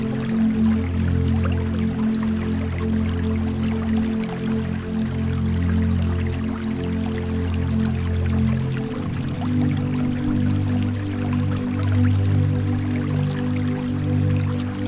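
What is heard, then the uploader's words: Soft, sustained low drones and layered tones hold steadily throughout, with a faint trickle of water and light crackle above. Relaxing Zen Music with Water Sounds.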